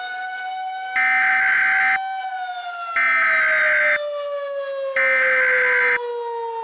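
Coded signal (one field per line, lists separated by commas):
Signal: Emergency Alert System (SAME) tones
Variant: header bursts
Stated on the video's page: Fictional hurricane EAS scenario with valid EAS tones.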